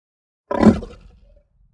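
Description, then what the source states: Lion chuff: a single short, deep, breathy grunt that bursts out and fades within about a second, with silence around it. Calm lion giving a chuff.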